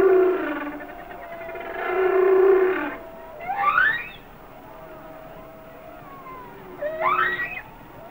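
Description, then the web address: Humpback whale song phrases: low droning moans followed by two sharply rising whooping sweeps, separated by quieter gaps. "Natures Songs Whale Songs Sounds of Nature - Humpback Whales"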